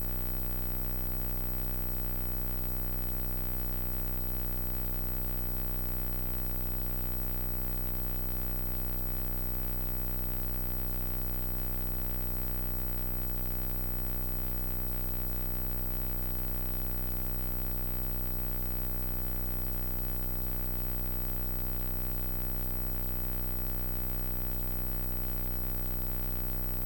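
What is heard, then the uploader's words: A steady sawtooth drone built on a low buzzing tone with stacked overtones, wrapped in constant hiss, unchanging for the whole stretch. A single sawtooth oscillator is modulated by self-oscillating filters in this series of works.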